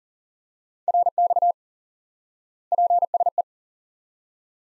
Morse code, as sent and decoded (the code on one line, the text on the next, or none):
.-. -..- / .--. ... .
RX PSE